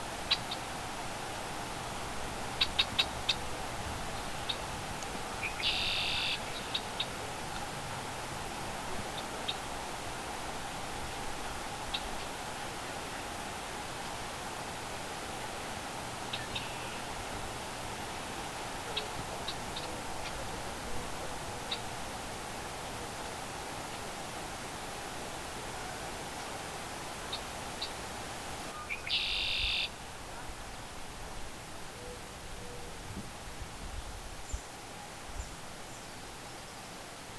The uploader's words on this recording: I recorded the sound of the Red-winged Blackbird at Bullough's Pond in Newton, MA. Conk-la-ree!!! Red-winged Blackbird at Bullough’s Pond in Newton, Massachusetts.